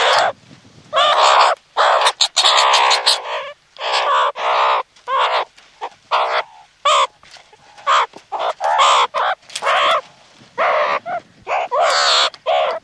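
Meerkat calls: harsh, nasal, harmonic bursts in rapid succession, some long and some clipped, with short gaps between them throughout.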